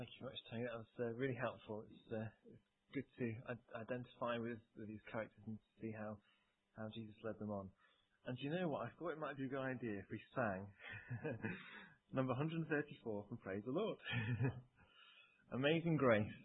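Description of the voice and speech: A man speaks at an easy pace with steady, clear voicing and natural pauses: ordinary fluent speech.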